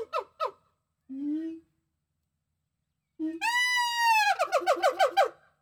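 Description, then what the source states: Gibbons calling: two sharp notes, a low rising hoot, then a soaring drawn-out wail breaking into rapid, quavering notes. Several gibbons.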